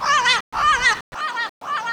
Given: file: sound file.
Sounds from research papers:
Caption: Example of Northern dialect vocal imitation by the translocated juvenile in phase two after altering vocalization.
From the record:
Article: Evidence for Vocal Learning and Limited Dispersal as Dual Mechanisms for Dialect Maintenance in a Parrot

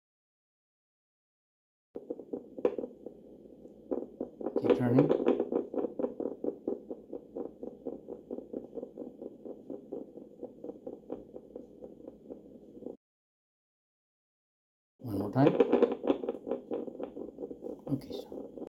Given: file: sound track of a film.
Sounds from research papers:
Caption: Demonstration of EMG-guided injection into the right obliquus capitis inferioris muscle.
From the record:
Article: Botulinum Toxin Injections to the Obliquus Capitis Inferioris Muscle for Dynamic Cervical Dystonia Improves Subjective Patient Outcomes

